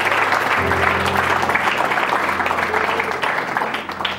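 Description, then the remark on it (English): A church audience gives the Lord a hand clap after a prayer, loud, steady applause for about four seconds, with a low sustained tone, like an organ or hum, running beneath from early on. “And everybody said, give the Lord a hand clap if you've received something today.”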